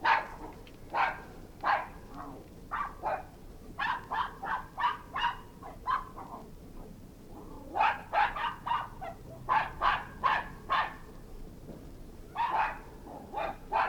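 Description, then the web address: Maltese terriers barking, quick high barks in loose clusters separated by brief pauses, over a steady soft background hiss. Two Maltese terriers barking in the distance. "Maltese Terriers, twobarking in distance"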